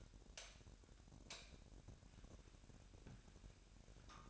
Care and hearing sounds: daily activity, microphone in the room; light on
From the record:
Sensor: 2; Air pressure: 1011.8 hPa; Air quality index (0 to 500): 212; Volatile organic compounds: 3 ppm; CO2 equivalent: 1492 ppm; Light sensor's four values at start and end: 10/23/10/10 and 15/40/17/16

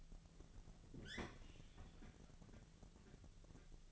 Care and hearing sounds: daily activity, microphone in the room; open fridge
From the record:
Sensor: 4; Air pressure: 1000.9 hPa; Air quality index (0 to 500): 130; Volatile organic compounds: 1 ppm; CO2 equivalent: 970 ppm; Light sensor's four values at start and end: 31/75/31/34 and 29/69/29/31

